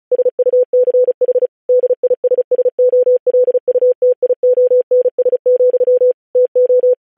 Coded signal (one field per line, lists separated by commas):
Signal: Morse code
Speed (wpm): 36 wpm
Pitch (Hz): 500 Hz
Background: none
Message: SUCH DISSOLUTIONS, TO